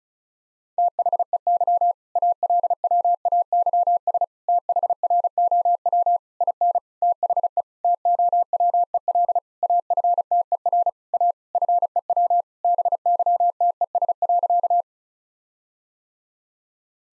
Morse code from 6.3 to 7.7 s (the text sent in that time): IN THE